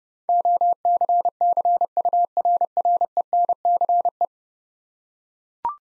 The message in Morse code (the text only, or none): OCCURRENCE